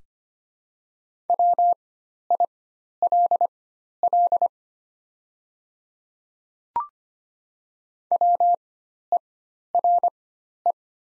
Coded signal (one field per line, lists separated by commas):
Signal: Morse code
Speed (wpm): 25 wpm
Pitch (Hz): 700 Hz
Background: none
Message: WILL WERE